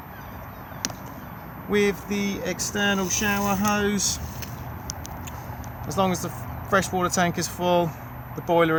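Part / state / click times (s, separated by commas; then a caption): barbecue gas hose coupling from external gas point / released / 0.8 s. The collar on the external gas point of a 2021 Benimar Tessoro T463 is pushed to release the barbecue gas hose coupling, which pops back out with a sharp click at 0.8 s. Afterwards someone talks against a low background hiss, and the coupling ends up released.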